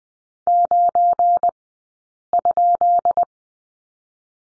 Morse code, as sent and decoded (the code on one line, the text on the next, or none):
----. ..--..
9?